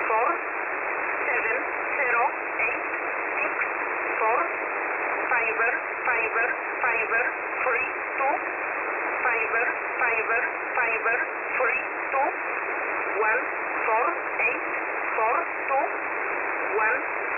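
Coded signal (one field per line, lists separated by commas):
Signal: numbers station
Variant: E11a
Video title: E11a Message 02/05/2023 1000 UTC 12153kHz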